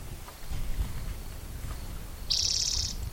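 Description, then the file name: Spotted towhee singing a short, raspy, buzzing trill late, set against steady low rumbling noise. At Cicero on 16 June 2010. "Cicero 16 Jun 2010 Pmaculatus"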